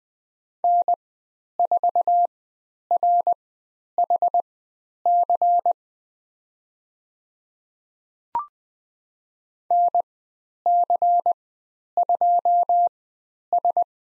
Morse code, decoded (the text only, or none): N4RHC NC2S